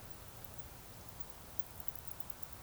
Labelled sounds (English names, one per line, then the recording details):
Eurasian Woodcock whistle
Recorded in Baden-Württemberg, Germany, on 26 June 2021 at 20:16 UTC
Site 45499, 200 m above sea level